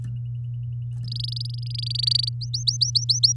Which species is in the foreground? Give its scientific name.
Serinus canaria